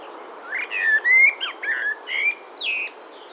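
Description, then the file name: Eurasian blackbird singing: several rich whistled notes slurring up and down in quick succession, ending with a higher squeaky flourish, over quiet background hiss. "Turdus merula"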